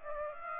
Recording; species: mosquito wingbeat signal from an infrared sensor; Aedes aegypti